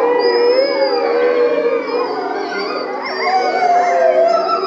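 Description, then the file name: Wolf: wolves howling in chorus, several long wavering tones overlapping at different pitches, some rising and sliding, with no pause between voices. "Frisson de Minuit Cris de Loups"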